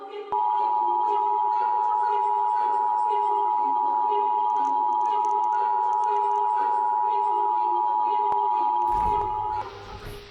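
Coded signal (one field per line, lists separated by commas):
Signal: Emergency Alert System (SAME) tones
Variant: 853 and 960 Hz attention tone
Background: speech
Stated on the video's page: Simulated emergency alert.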